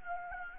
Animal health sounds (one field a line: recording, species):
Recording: mosquito wingbeat signal from an infrared sensor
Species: Anopheles gambiae